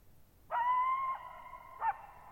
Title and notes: Lone Coyote at Thirtymile Meadows. I spent the night of July 14, 2019, camped near Thirtymile Meadows in the Okanogan National Forest at 6400 ft (1950 m). The area is known as the Okanogan High Country